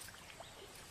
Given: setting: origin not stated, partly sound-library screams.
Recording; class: one-second piece from a danger detection set; normal situation